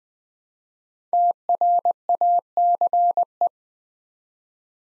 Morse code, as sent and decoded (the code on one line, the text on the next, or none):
- .-. .- -.-. .
TRACE